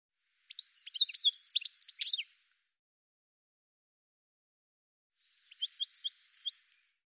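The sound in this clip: Bird gives a burst of high, tangled chirping notes, then falls silent for about three seconds before a shorter, softer chattering phrase.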